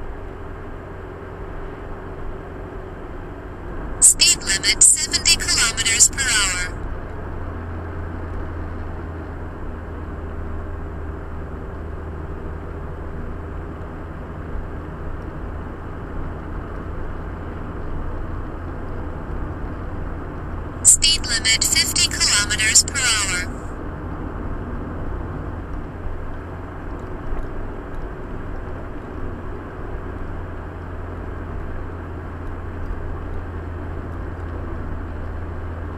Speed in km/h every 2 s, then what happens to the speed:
67, 67, 68, 67, 62, 59, 60, 63, 64, 65, 64, 66, 68, 67, 65, 65, 64, 62.
0-6 steady at about 67. 6-9 slows to 59. 9-36 steady at about 64.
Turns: none.